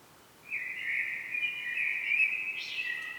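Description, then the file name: Common blackbird singing one long, sustained warbling phrase that wavers steadily, ending with a short higher flourish, against light background noise. "Turdus merula"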